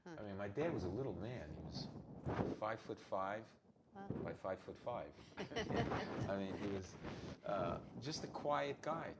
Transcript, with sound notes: And then my dad was a little man. He was five foot five, by five foot five. (laughs) For me he was, uh, just a quiet guy.